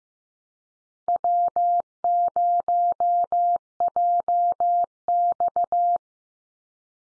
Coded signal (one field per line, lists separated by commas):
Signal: Morse code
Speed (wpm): 15 wpm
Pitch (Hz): 700 Hz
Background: none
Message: W0JX